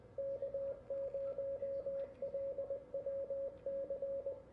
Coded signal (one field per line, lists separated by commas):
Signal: Morse code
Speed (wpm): 21 wpm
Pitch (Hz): 550 Hz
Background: radio noise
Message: K0LWC